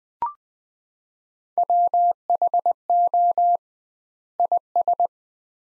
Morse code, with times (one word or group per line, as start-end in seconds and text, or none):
1.6-3.6 WHO
4.4-5.1 IS